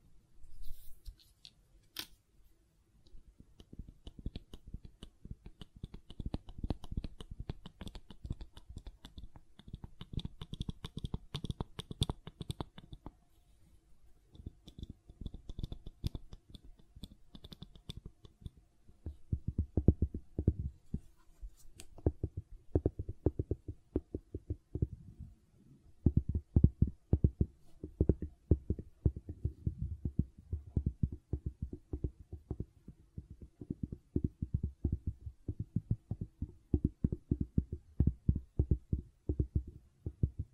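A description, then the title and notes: Gentle silicone sounds: soft, low, muffled taps and squishes repeat in quick, uneven bursts, with a brief pause near 14 seconds. A faint crinkly texture appears early on, then fades after about 20 seconds, leaving denser, thumping pats that continue to the end. ASMR Gentle Silicon Sounds for Sleep (No Talking).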